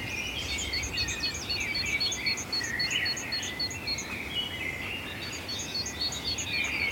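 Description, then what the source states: Great tit song, a fast run of thin, high, evenly spaced two-tone notes repeated steadily, with another bird warbling lower beneath it. Montmartre, Paris, at dawn around 4:30 a.m. during the blue hour before sunrise; heard as a repeated tip, tip, tip.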